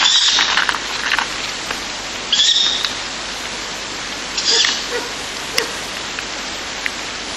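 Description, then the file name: Ural owl chicks making raspy, hissy begging screeches in short bursts a couple of seconds apart, with a constant rain-like hiss behind. Ural owl chicks being fed by a parent. "フクロウ雛親より給餌 遠藤"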